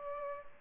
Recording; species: mosquito wingbeat signal from an infrared sensor; Culex pipiens